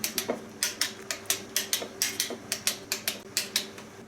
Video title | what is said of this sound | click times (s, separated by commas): Sump Gasket & Crankshaft Seal - FC540V | and you can hear the click | 0.6 s, 1.3 s, 1.7 s, 2.0 s, 2.7 s, 3.4 s